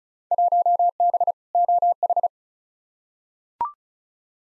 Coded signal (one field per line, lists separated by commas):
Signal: Morse code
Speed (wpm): 36 wpm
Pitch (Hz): 700 Hz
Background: none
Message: 1B OH